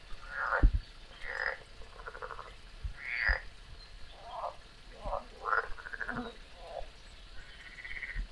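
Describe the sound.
Frog croaks in short, uneven bursts, some higher-pitched than others, over a low background hum.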